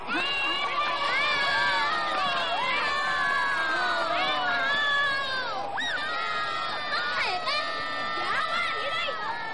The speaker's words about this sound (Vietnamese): Học trò nhà Gryffindor hoan hô trong khi nhà Slytherin la ó.